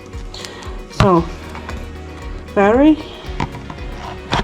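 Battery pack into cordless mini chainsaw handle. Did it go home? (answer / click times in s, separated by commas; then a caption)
yes / 4.3 s. A lithium battery pack slides into the bottom of the handle of a TROOZY 6-inch cordless mini chainsaw while someone talks. A few light clicks and scrapes come before the pack latches into place with a sharp click at 4.3 seconds.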